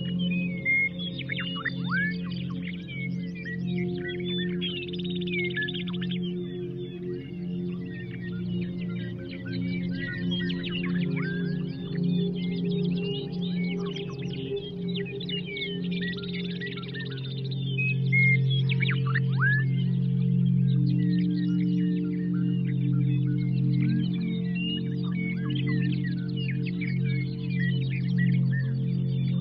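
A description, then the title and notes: Layered low tones hum steadily beneath constant bright birdsong chirping throughout, with the drone swelling slightly louder from around eighteen seconds. 852 Hz + Binaural Beats.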